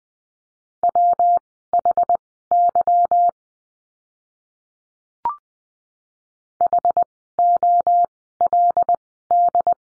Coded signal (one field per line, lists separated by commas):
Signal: Morse code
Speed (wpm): 20 wpm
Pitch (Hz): 700 Hz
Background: none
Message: WHY HOLD